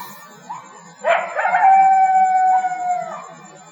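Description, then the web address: Coyote howl: a short yelp that breaks into a long, steady, drawn-out howl lasting about two seconds, then fading. Several coyotes, Laurel Canyon. "Scott Laurel Canyon Coyotes"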